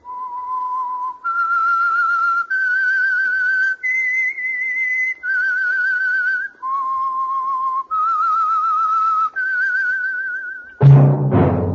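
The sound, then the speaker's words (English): A person whistles a slow, eerie theme melody of a radio program, about eight long, sustained notes that rise and fall, loud and unaccompanied, ending abruptly in a brief harsh burst of sound. “That whistle is your signal for the Signal Oil Program, The Whistler.”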